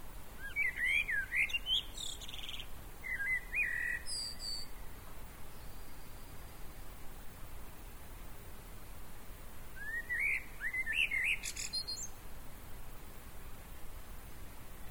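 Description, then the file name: Common blackbird uttering two bursts of twittering, warbled phrases separated by a long quiet gap, with thin high squeaky notes and steady background hiss. "Turdus merula"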